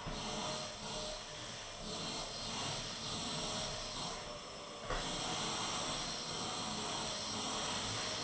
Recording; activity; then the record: daily activity, microphone in the room; vacuum cleaning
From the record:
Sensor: 4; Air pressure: 1010.4 hPa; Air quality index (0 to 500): 179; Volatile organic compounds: 5 ppm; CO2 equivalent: 1813 ppm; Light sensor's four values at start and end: 33/98/38/38 and 33/98/38/38